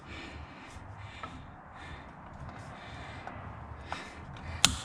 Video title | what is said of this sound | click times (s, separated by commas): Yakima HD Bar/Timberline Towers for 4Runner installation | now i'm supposed to do this until it clicks | 4.6 s